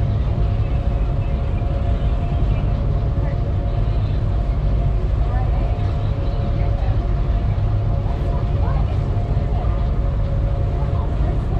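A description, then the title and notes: A ferry into Seattle drones steadily with a deep, unchanging engine rumble and faint hum, while murmured voices drift through in the background. Ferry into Seattle.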